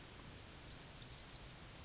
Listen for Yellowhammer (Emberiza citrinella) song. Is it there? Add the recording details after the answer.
yes. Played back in grassland. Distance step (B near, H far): E. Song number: 038